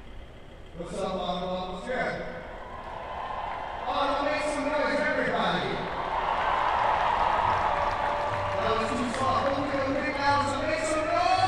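Street protest ambience with voices talking and calling over one another, a male voice standing out early on. Shouts and raised voices rise and fall throughout, layered over a steady crowd murmur and a low rumble, with bursts of sharper cries near the end.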